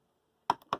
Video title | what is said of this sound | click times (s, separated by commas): EliteDesk 800 G4 Mini 65W..review and second USB C Port | and we also kind of heard that snap that means it um engaged with | 0.5 s, 0.7 s